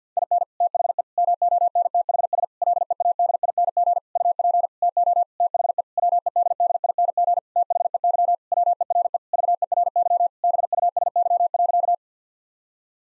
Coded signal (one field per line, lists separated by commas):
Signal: Morse code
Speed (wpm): 50 wpm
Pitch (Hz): 700 Hz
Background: none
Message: IN THE MONTHS LEADING UP TO THE WEDDING THEY WERE VERY BUSY.